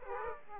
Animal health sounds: mosquito wingbeat signal from an infrared sensor; Aedes aegypti

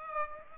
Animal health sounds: mosquito wingbeat signal from an infrared sensor; Aedes aegypti

